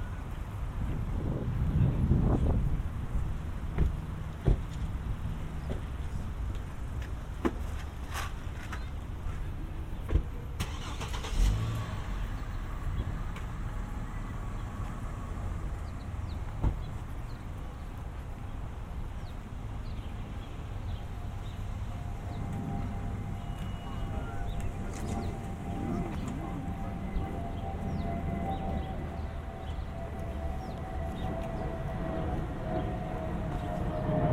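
A suburban walk with steady traffic rumbling throughout, cars passing now and then, the loudest surge near the start. Sharp clicks and taps, likely footsteps, punctuate the walk. From about twenty seconds on, a high, wavering tone like a distant siren slowly falls.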